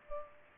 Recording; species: mosquito wingbeat signal from an infrared sensor; Culex pipiens